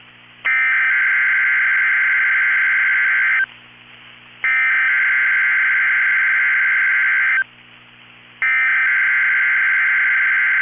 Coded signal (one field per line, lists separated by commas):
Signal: Emergency Alert System (SAME) tones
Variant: header bursts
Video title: 5/21/25 - KEC65 Required Weekly Test (EAS #1244)